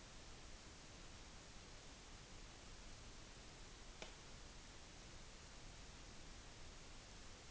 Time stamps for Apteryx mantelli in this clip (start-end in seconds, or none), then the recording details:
none. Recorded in New Zealand on 16 June 2014. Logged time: 02:19